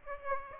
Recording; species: mosquito wingbeat signal from an infrared sensor; Aedes aegypti